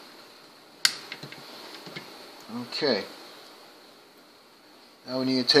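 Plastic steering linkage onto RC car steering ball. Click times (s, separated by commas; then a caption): 0.8 s. The second plastic steering linkage on an RC car is snapped by hand onto its steering ball mount, giving a sharp snap at 0.9 s that seats it in place. A few faint ticks follow, and then someone talks.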